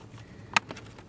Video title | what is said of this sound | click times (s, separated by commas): Audi TT MK1 Roadster Convertible Top Installation (Years 1999-2006) Complete Install Tutorial Part.2 | a little seat belt thing snaps | 0.6 s